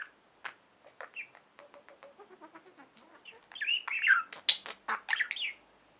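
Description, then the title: Budgerigar chatter: scattered soft clicks and ticks at first, then louder squeaky warbles and harsh chirps building in the second half. "Budgie Sounds"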